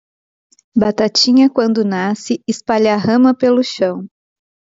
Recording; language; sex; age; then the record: short text; Brazilian Portuguese; female; 30 to 39 years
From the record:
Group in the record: control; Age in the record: 37 years